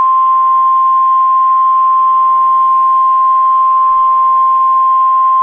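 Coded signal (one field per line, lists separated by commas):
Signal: Emergency Alert System (SAME) tones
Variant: 1050 Hz attention tone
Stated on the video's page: Made-up EAS scenario, a simulated dust storm alert.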